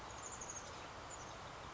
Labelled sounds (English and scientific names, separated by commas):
Oak Titmouse (Baeolophus inornatus)